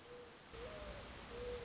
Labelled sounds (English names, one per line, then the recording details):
Mourning Dove
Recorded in Sonoma County, California